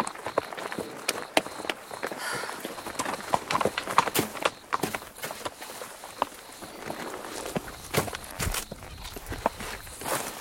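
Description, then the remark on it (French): Loaded horses' hooves clop steadily and unevenly over a continuous rustling background in a wood, the sharp knocks coming in a loose walking rhythm with a few louder strikes, and no voices. “Mais ne déchargeons pas les chevaux.”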